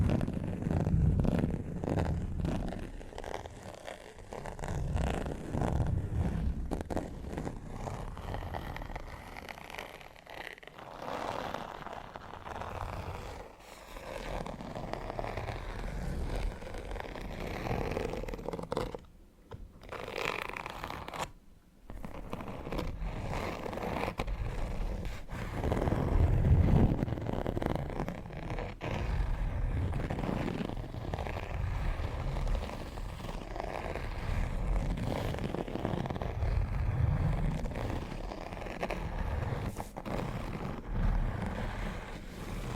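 Needle-like fingernails scratch over textured leather in a dense, continuous rasp with a deep rumbling undertone and a grainy, bright upper edge. The scratching stays fairly steady throughout, dropping out briefly around the twenty-second mark before resuming at full intensity.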